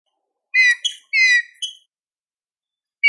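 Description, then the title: Green-winged saltator song: two loud, rich whistled phrases with harmonics, each followed by a shorter note, then a pause and the start of another phrase, with no other sounds. Classic song style (canto clássico), used for training birds. "Canto Clássico Trinca Ferro TREINAMENTO"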